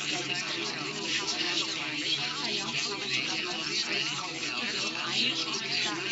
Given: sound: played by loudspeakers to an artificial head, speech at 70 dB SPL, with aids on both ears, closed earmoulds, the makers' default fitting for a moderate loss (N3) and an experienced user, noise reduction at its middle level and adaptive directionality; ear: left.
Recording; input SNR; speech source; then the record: speech test signal (ISTS) in cocktail-party noise; -6 dB; on the right (90 degrees)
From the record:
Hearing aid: class 1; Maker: A